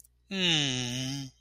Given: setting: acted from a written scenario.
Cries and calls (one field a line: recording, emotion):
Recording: vocal sound without words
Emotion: contentment